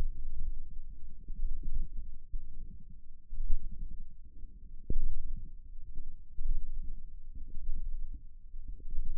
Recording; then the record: forearm muscle sounds (acoustic myography)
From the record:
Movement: radial deviation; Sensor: system 1, eight BSWA MPA416 microphones around the upper forearm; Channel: 8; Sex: female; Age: 21 years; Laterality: right